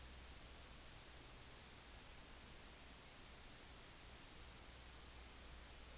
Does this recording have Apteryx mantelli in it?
no